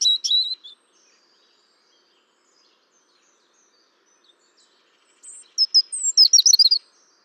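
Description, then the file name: European robin song: a quick high flourish opening, a quiet gap, then a sparkling burst of thin rapid notes. "Erithacus rubecula"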